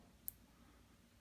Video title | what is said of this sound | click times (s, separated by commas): Maitinimo šaltinio ir LED juostos pajungimas. | užspaudėm juosta užsifiksavo viskas juosta yra pajungta labai paprastai be jokių litavimo | 0.3 s